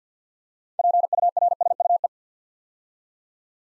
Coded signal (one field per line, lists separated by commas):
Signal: Morse code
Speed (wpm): 50 wpm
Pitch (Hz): 700 Hz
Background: none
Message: PURSUE